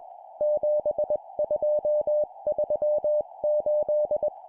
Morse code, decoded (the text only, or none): 7238